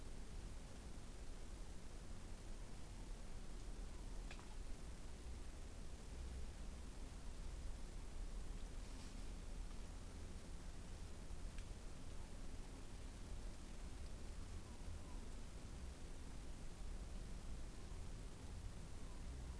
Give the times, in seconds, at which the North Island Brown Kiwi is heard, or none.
none